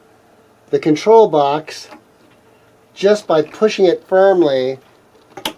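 An oil return hose coupling is pushed firmly onto the control box fitting, and it seats with a sharp click at 5.5 s, right after a softer tick at 5.4 s. Someone talks beforehand. Once clicked, the coupling should have no wiggle and should not fall off.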